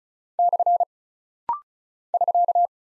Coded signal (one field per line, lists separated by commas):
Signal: Morse code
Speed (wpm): 36 wpm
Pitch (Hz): 700 Hz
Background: none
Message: / <SK>